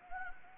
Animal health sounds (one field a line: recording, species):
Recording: mosquito wingbeat signal from an infrared sensor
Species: Anopheles gambiae